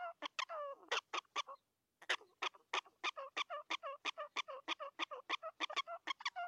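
Prairie dog calling in a rapid run of short, yelping barks, about three per second, broken by one short gap.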